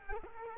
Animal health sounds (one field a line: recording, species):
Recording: mosquito wingbeat signal from an infrared sensor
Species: Culex quinquefasciatus